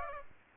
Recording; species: mosquito wingbeat signal from an infrared sensor; Aedes aegypti